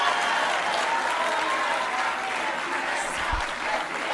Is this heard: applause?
yes